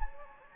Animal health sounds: mosquito wingbeat signal from an infrared sensor; Anopheles gambiae

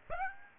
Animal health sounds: mosquito wingbeat signal from an infrared sensor; Aedes aegypti

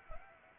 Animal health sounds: mosquito wingbeat signal from an infrared sensor; Anopheles arabiensis

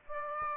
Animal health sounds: mosquito wingbeat signal from an infrared sensor; Aedes aegypti

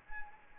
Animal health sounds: mosquito wingbeat signal from an infrared sensor; Anopheles gambiae

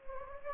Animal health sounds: mosquito wingbeat signal from an infrared sensor; Anopheles gambiae

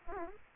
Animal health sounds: mosquito wingbeat signal from an infrared sensor; Aedes aegypti

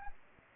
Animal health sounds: mosquito wingbeat signal from an infrared sensor; Aedes aegypti

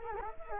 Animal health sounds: mosquito wingbeat signal from an infrared sensor; Culex quinquefasciatus

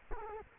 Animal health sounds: mosquito wingbeat signal from an infrared sensor; Culex quinquefasciatus

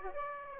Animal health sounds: mosquito wingbeat signal from an infrared sensor; Aedes aegypti

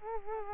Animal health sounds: mosquito wingbeat signal from an infrared sensor; Culex quinquefasciatus

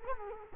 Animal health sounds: mosquito wingbeat signal from an infrared sensor; Culex quinquefasciatus

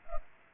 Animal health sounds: mosquito wingbeat signal from an infrared sensor; Culex pipiens

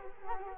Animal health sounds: mosquito wingbeat signal from an infrared sensor; Culex quinquefasciatus

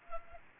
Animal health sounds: mosquito wingbeat signal from an infrared sensor; Anopheles arabiensis

